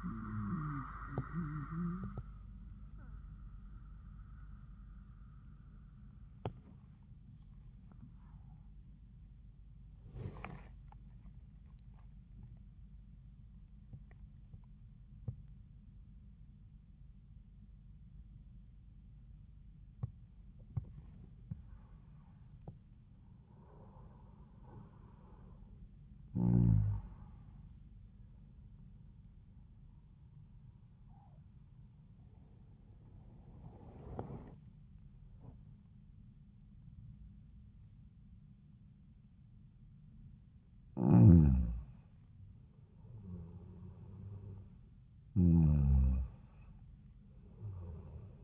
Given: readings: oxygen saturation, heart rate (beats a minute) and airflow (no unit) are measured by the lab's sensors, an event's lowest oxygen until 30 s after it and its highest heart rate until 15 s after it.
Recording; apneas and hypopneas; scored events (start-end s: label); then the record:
breathing in sleep by a smartphone at the bedside; 1
0.00-27.00 s: awake
5.00-20.80 s: hypopnea (scored as awake, oxygen 98% highest, then 92% lowest, heart rate 78 at the start, 88 highest)
19.00-48.44 s: new sleep stage, N1 (lightest sleep)
From the record:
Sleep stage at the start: awake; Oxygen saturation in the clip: 85 to 98%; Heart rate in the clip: 69 to 88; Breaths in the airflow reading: 8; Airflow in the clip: -4.2 to 4.9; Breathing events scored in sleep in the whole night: 400 in 8.7 hours asleep